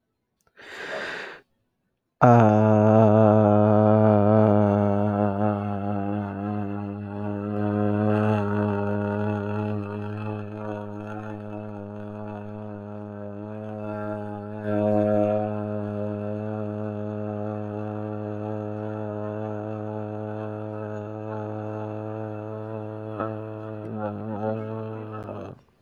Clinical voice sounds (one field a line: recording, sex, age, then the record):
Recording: vowel held as long as possible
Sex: male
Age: 20 to 29 years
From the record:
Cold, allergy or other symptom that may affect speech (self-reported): no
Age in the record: 27 years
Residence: Ohio, United States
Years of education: 15